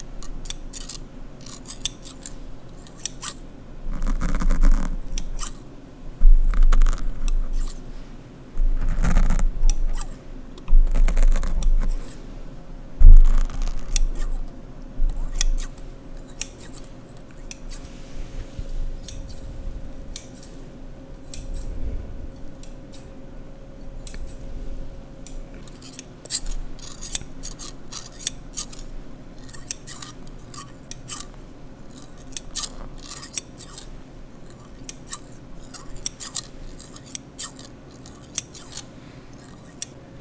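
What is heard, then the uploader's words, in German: Paper is cut with scissors, the blades snipping in quick, bright bursts throughout. The first fifteen seconds bring louder, fuller crunches and rustles as the paper is handled, then the snips settle into a steady, lighter rhythm over a faint low hum. Scheren- und Schneidesounds. Zerschneide und zerreiße/knülle ich Papier.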